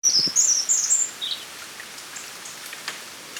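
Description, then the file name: European robin song phrase: a brief run of high, sweet warbled notes that dips lower at the end, followed by soft background hiss with light pattering. "Erithacus rubecula"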